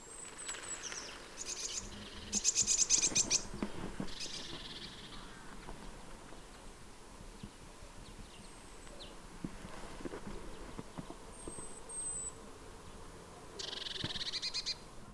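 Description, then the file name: Eurasian blue tit calls: brief bursts of thin, very high, rapidly repeated notes early on and again near the end, against steady hiss and constant background noise. "Cyanistes caeruleus"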